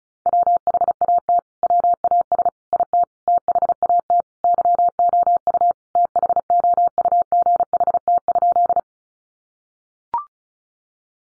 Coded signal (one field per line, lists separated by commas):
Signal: Morse code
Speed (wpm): 34 wpm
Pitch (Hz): 700 Hz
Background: none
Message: WHAT WAS IT THAT YOU THOUGHT?